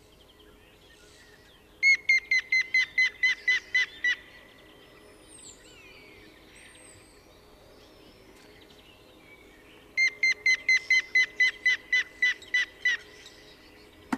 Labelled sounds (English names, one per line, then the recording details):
Grey-headed Woodpecker call
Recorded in the wild
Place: Kaiserslautern, Rheinland-Pfalz, DE
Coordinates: 49.415, 7.78
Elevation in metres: 457
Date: 1974-03-22
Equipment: Nagra IV, Sennheiser MKH 405, Parabolreflektor
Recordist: Tretzel, Erwin